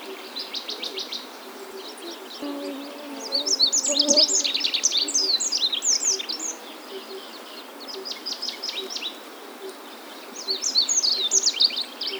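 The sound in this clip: Olive-backed pipit singing in bursts of quick, high, thin trilled and twittering phrases, about four phrases separated by short pauses, with a faint low hum beneath.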